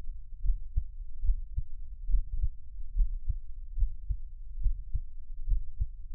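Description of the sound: A heartbeat at about 71 beats per minute, deep and low-pitched, with no talking.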